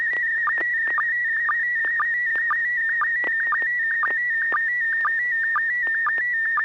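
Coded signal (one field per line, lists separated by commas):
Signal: SSTV (slow-scan television)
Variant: PD120 mode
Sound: warbling, chirping tone with a steady rhythmic tick about twice per second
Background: low mains hum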